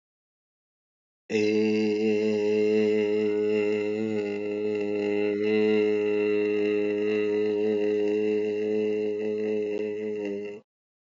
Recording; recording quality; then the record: sustained vowel as in made; excellent, no background noise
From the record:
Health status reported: healthy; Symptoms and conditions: hypertension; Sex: male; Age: 52 years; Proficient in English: no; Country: India